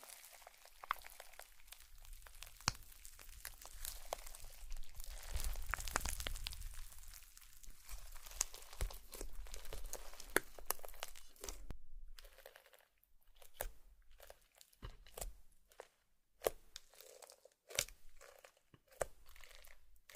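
Slime being squished and handled, with a dense run of wet crackles and crinkly pops through the first twelve seconds, swelling to a thick squelch around six seconds. After that it thins into separate sticky snaps and pops with short silences between them.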